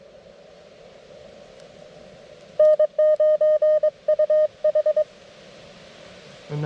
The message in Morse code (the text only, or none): N9UH